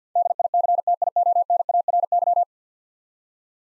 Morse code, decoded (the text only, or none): DICTIONARY